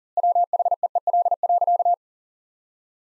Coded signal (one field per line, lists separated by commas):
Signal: Morse code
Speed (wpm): 40 wpm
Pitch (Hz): 700 Hz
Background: none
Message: WHEEL.